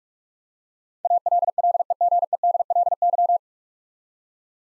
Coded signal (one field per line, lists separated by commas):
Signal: Morse code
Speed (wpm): 46 wpm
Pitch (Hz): 700 Hz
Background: none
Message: ALLEGEDLY